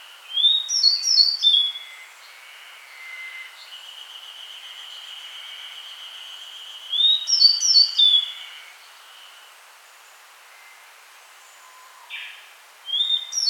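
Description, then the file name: Grey bunting gives brief high phrases of thin whistles and buzzes, spaced several seconds apart, with a long steady faint tone between them. "Emberiza variabilis"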